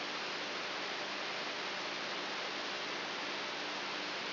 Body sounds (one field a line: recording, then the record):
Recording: brain microelectrode recording played as sound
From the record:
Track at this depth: inside the subthalamic nucleus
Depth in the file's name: 4.64 mm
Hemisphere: right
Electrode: 3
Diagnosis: Parkinson's disease